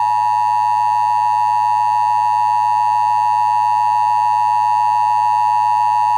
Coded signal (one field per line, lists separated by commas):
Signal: Emergency Alert System (SAME) tones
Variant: 853 and 960 Hz attention tone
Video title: The Rake is After _ _ _ | Mini EAS Scenario